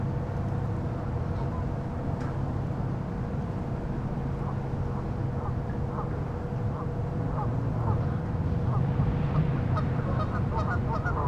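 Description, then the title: Goose: geese calling in a loose series of short honks through the second half, above a steady low rumble and droning tone. "neoscenes: geese"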